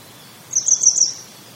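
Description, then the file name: Grey wagtail call: one quick burst of high, sharp chirping notes lasting under a second against a faint background hiss. "kisekirei"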